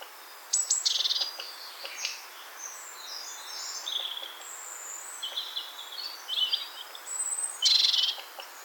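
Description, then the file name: Great tit call, a harsh buzzy churr near the start and again at the end, among many faint high chirps and whistles from other birds. "Parus major"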